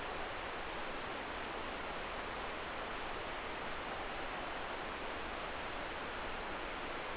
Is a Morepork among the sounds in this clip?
no